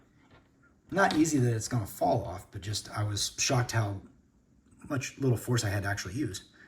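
An interchangeable plastic hand is being handled at the wrist peg of a McFarlane Toys DC Multiverse The Flash Movie Gold Label Batman Unmasked action figure while someone talks throughout. Nothing has seated or clicked yet; the hand is not yet home on the wrist joint when the clip ends.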